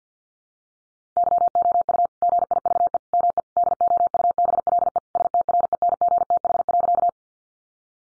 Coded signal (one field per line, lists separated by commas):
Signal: Morse code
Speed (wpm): 50 wpm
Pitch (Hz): 700 Hz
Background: none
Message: YOU GIVE ME DOUBLE STRENGTH.